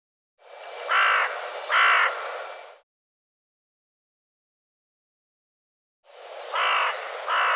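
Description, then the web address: Bird giving harsh, cawing calls: two loud rasping notes about a second apart, a pause of silence, then another pair of similar calls. "cianscape birddata"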